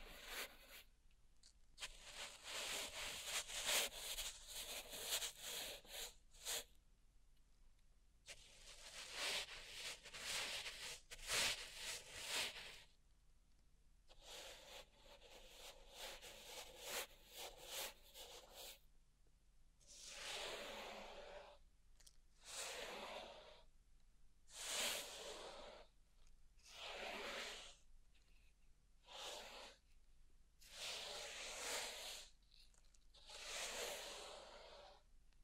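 Pink salt is raked and rubbed in a zen garden, making bright, grainy scratching sounds. The first half brings dense runs of gritty strokes with brief pauses; after about twenty seconds they settle into separate swishes every two or three seconds.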